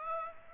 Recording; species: mosquito wingbeat signal from an infrared sensor; Aedes aegypti